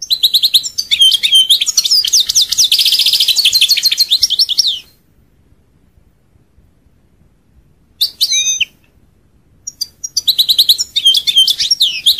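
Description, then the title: European goldfinch song: long bright twittering run with a buzzy trill, silence, a short burst, then twittering resumes. "Chant Chardonneret"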